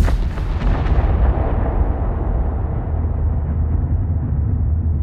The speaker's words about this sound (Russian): Вслед за далеким приглушенным взрывом по воздуху пронеслась мощная ударная волна.